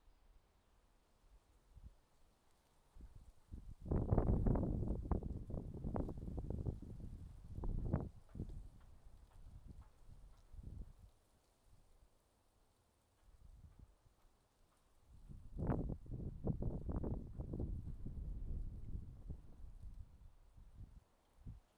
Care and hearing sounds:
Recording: everyday scene through a hearing-aid microphone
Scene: wind on the microphone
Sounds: wind, traffic, birds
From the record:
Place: suburban garden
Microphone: in the ear canal, left

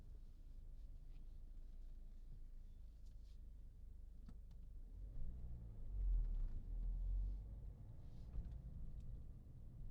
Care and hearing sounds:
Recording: everyday scene through a hearing-aid microphone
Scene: in a vehicle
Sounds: driving off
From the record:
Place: Berlingo II, diesel engine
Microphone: in the ear canal, left

